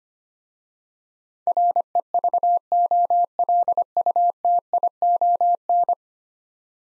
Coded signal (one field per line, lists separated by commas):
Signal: Morse code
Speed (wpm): 25 wpm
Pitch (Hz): 700 Hz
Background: none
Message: REVOLUTION